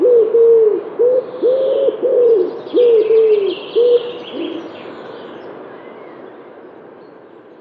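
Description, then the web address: Common wood pigeon cooing: a rhythmic series of deep, hooting coos over about four seconds, ending in a lower note, with faint higher bird chirps in the background. "european woodpigeon"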